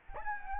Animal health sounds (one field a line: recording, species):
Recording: mosquito wingbeat signal from an infrared sensor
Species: Anopheles gambiae